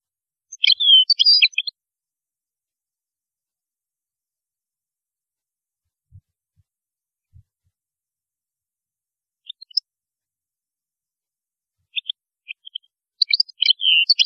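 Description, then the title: European goldfinch song, bursts of rapid high twittering and jingling notes at the start and end, a quiet gap between. "Chant Chardonneret"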